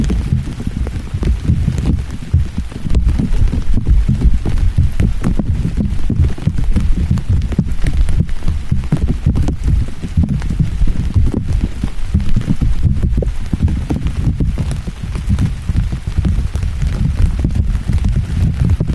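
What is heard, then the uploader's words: Rain drums on an umbrella in a dense, continuous patter overhead, its low thuds heavy and steady with no pauses. Individual drops tick sharply on the taut fabric throughout, while a softer hiss of rainfall fills the background. Umbrella In The Rain. It rained and rained and then it rained and even now it's still raining.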